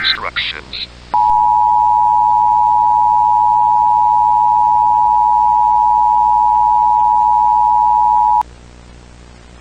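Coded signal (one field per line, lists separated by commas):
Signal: Emergency Alert System (SAME) tones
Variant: 853 and 960 Hz attention tone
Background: speech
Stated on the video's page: Fictional analog horror EAS scenario; not a real alert.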